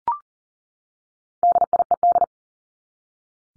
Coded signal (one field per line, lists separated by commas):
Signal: Morse code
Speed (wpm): 40 wpm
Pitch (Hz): 700 Hz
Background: none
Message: DIED